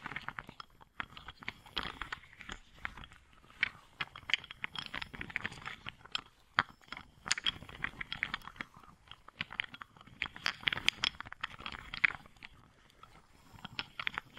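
Wooden balls click, knock and roll against each other in a dense, continuous stream of small crisp taps. The sharp clacks come several times a second without a steady rhythm, some louder knocks standing out, over a soft low rustle throughout.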